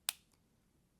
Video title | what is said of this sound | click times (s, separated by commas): New Wera Turbo Driver! 4x the speed with no batteries! | and it snaps right into place right there | 0.1 s